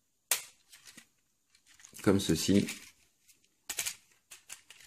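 Wings are unclipped from a small plastic tab under the shuttle of a Toyworld TW-06C Evila Star plastic transforming robot toy. A sharp, loud pop at 0.3 s marks the wings releasing, followed by someone talking and a few softer plastic clicks and handling sounds.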